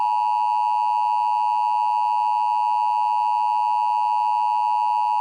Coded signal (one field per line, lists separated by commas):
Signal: Emergency Alert System (SAME) tones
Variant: 853 and 960 Hz attention tone